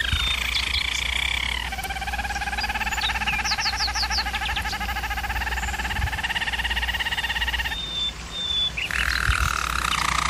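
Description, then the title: German Roller canary song: layered rolling trills held steadily with brief quick upslurred notes, then a thin high whistle and a fresh roll; low hum behind. German Roller canary singing, for canary training. "German Roller Canary Singing - Canary Training Vid"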